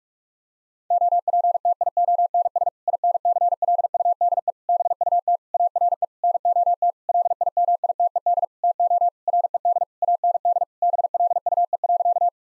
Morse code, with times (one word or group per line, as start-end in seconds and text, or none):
0.9-2.7 OPTIONS
2.9-4.5 INCLUDE
4.7-5.4 BUT
5.5-6.0 ARE
6.2-6.9 NOT
7.1-8.4 LIMITED
8.6-9.1 TO
9.3-9.8 RED
10.0-10.6 AND
10.8-12.3 BLUE.